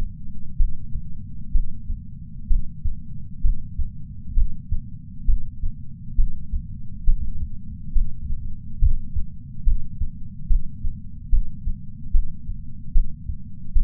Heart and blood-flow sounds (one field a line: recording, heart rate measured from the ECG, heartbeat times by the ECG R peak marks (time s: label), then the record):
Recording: heart sounds by patch sensor on the chest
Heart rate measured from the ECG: 68 bpm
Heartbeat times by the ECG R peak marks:
0.56 s: heartbeat
1.51 s: heartbeat
2.46 s: heartbeat
3.40 s: heartbeat
4.33 s: heartbeat
5.24 s: heartbeat
6.14 s: heartbeat
7.03 s: heartbeat
7.92 s: heartbeat
8.78 s: heartbeat
9.63 s: heartbeat
10.46 s: heartbeat
11.29 s: heartbeat
12.10 s: heartbeat
12.91 s: heartbeat
13.72 s: heartbeat
From the record:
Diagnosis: coronary artery disease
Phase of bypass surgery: intraoperative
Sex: male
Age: 57 years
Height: 175 cm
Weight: 71 kg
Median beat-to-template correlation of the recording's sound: 0.90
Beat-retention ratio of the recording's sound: 0.98